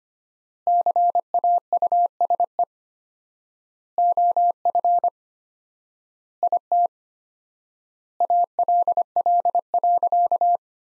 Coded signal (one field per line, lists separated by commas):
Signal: Morse code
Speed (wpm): 25 wpm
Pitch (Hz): 700 Hz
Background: none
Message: CAUSE OF IT ALL.